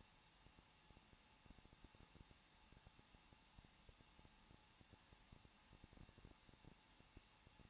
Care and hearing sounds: daily activity, microphone in the room; no activity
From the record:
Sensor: 1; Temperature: 20.1 degrees Celsius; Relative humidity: 39.1%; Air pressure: 1006.4 hPa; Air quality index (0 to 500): 216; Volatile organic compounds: 74 ppm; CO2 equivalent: 3558 ppm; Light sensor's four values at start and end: 1/2/1/1 and 1/2/1/1

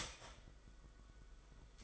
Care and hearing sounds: daily activity, microphone in the room; start toaster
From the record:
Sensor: 5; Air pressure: 990.9 hPa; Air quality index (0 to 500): 145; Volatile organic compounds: 131 ppm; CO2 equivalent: 3933 ppm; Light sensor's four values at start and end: 38/117/45/48 and 38/117/45/48

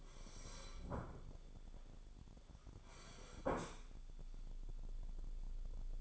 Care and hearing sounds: daily activity, microphone in the room; sit down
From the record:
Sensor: 5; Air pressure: 1015.4 hPa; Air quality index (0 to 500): 196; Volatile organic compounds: 9 ppm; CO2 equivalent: 2128 ppm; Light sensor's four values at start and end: 35/81/33/31 and 36/81/33/31

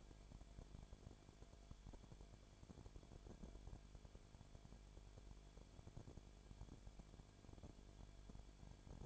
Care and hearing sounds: daily activity, microphone in the room; no activity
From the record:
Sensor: 5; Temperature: 19.8 degrees Celsius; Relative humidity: 33.3%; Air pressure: 1001.4 hPa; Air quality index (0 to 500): 32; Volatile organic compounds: 1 ppm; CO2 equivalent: 525 ppm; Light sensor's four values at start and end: 2/3/1/1 and 2/3/1/1

